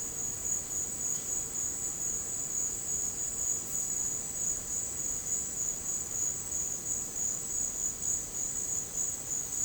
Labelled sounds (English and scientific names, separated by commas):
none